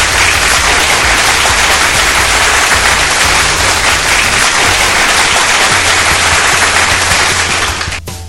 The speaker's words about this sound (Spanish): Qué bárbaro, ¿eh? Un aplauso, por favor.